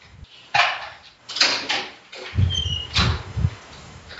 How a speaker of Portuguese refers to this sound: Tá abrindo a trava da catacumba que ele então, vive. Abre aquela trava, abre o ferrolho, o cadeado, destrava isso, prende o cachorro.